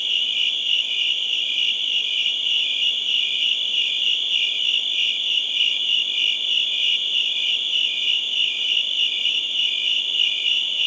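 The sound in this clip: Crickets chirping steadily, a loud high trill holding level from start to end.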